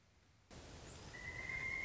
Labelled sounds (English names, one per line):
Pileated Woodpecker